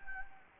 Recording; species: mosquito wingbeat signal from an infrared sensor; Anopheles gambiae